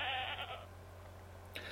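Goat bleat, a single short cry with rich harmonics at the start, then quiet over a low hum, with a brief sound near the end.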